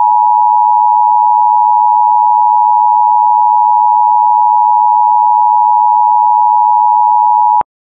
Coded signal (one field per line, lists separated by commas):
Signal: Emergency Alert System (SAME) tones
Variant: 853 and 960 Hz attention tone